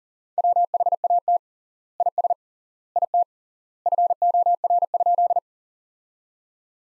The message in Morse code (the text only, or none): WHAT IS IT FOR?